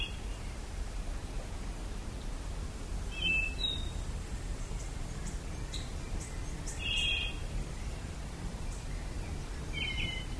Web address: cantos viudiplomi